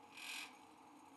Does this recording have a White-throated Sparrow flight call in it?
no